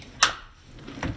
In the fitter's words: hearing the detent and giving it a little tug to make sure it wasn't going to come off of there